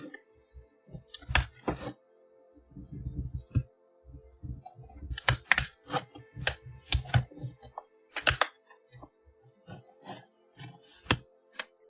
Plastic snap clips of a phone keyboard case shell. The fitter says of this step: Using this pry tool, I'm able to go around it. And you can hear the clicks as the clips are released.